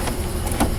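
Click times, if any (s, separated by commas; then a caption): none. A vehicle key is turned in a new, unprogrammed BOLT toolbox lock cylinder to set it to that key. Faint handling noise runs throughout, with a brief louder burst near 0.6 s. Nothing has clicked or seated yet.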